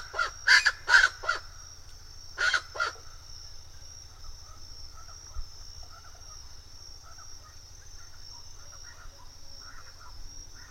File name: canto do aracua de sobrancelhas